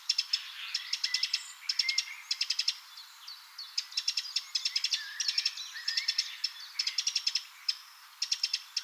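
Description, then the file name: Eurasian wren calls: rapid rattling bursts of hard ticking notes, each lasting under a second, repeated throughout with short gaps and some softer chirps between. "Troglodytes troglodytes"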